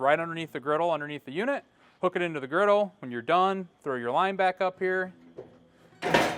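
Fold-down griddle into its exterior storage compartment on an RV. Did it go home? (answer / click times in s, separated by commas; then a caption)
yes / 6.1 s. Someone talks beside the exterior fold-down griddle on a 2025 Riverstone 425FO fifth wheel RV, then the griddle is lifted back up into its stowed position in its exterior storage compartment. A single sharp, loud hit at 6.2 s marks it latching and locking in place.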